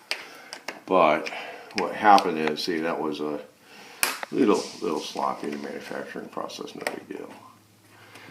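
Someone talks while handling a plastic roller guide fitting at a Contractors Wardrobe CW Aspen sliding closet door panel, with short sharp taps near 0.1, 0.5 and 0.7 s and a louder knock at 4.0 s. Nothing has seated or clicked into place yet.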